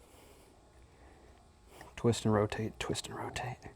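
A torque converter is being positioned on the automatic transmission input shaft of a 1968 Ford Mustang Convertible, lined up before engaging. A low, quiet handling noise runs for about 1.8 seconds, then someone talks. Nothing has engaged or clicked into place yet.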